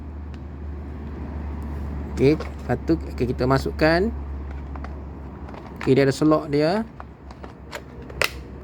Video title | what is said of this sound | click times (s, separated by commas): Grinder Baru Sampai! Keelat KAG05S Padu Ke Tak? | Okey. Dia dah lock. | 8.2 s